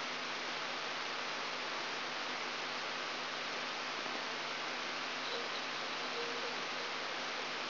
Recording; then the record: brain microelectrode recording played as sound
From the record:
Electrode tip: outside the subthalamic nucleus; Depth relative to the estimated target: -8 mm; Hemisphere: right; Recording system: AlphaMap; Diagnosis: Parkinson's disease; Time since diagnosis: 24 years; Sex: male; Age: 67 years